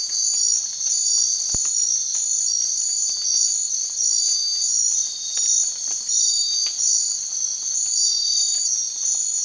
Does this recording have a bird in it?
no